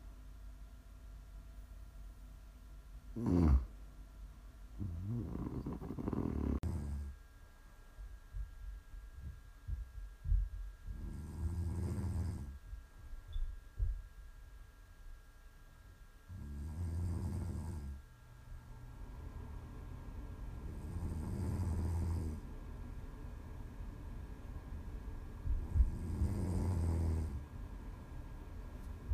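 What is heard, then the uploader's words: Slow, deep snoring comes in rhythmic breaths roughly every four to five seconds, each a low rattling rumble that swells and fades. Between snores there are soft breathy exhales and small clicks, with a faint steady hum underneath. ASMR snoring.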